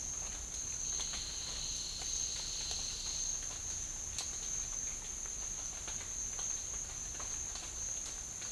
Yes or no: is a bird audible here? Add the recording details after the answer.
no. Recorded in dense forest near Puerto Asís, Putumayo, Colombia, on 9 March 2025 at 14:00. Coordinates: 0.484, -76.325. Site G045